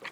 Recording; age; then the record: pig call; piglet (1 to 25 days)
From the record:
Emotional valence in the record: positive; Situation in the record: after nursing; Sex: male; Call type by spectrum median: low-frequency call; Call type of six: low-frequency tonal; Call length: 0.11 s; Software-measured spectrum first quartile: 1062 Hz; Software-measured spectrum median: 1878 Hz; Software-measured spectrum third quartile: 2482 Hz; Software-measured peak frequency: 1932 Hz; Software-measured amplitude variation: 154 dB a second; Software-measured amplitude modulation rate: 22.4 a second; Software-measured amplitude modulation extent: 6.9 dB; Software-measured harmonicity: 0.3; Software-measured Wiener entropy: -0.99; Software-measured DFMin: 924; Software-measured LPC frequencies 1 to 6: 1070, 1945, 2422, 3216, 4380, 6363 Hz